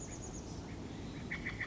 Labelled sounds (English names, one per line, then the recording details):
Chestnut-backed Chickadee
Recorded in Sonoma County, California